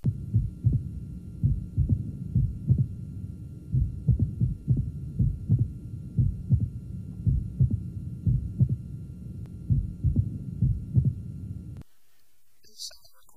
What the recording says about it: We'll hear a long A2 OS interval in a patient with mild rheumatic mitral disease. The A2 to OS interim shortens as mitral valve stenosis becomes more severe.